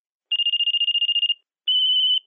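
A telephone rings twice: a high, rapidly trilling electronic tone, the first burst about a second long and the second shorter, separated by a brief gap, with no voices.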